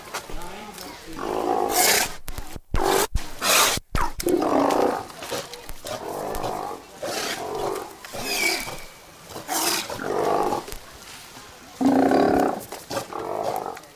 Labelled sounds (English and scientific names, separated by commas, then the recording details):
South American Sea Lion (Otaria flavescens) call
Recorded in captivity
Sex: pair
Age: adult
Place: Tiergarten Heidelberg, Baden-Württemberg, DE
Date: 2000-09-27 16:00
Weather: overcast, 16 - 17°C
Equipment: Nagra SN, Kopie Uher 4000 Report Monitor
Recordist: Tembrock, Günter
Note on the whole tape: Männchen (rhythmische Laute) und Weibchen vor und während der Fütterung: diverse Laute (Aufnahme bis 16.17 Uhr)